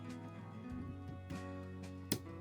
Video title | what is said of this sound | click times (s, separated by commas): How to Build a PC | and you should hear it click | 2.1 s